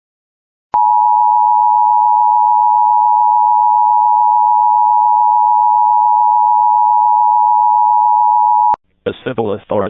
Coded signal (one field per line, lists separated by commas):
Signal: Emergency Alert System (SAME) tones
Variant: 853 and 960 Hz attention tone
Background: speech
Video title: Urgent Los Angeles amber alert for a 3 month old EAS #51